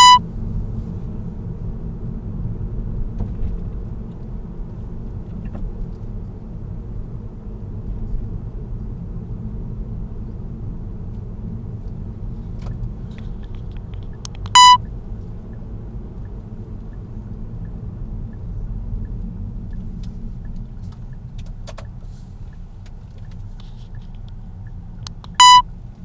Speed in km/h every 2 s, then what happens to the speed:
42, 42, 39, 38, 38, 36, 34, 34, 35, 28, 21, 11, 12.
0-16 steady at about 38. 16-21 brakes to 11.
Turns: none.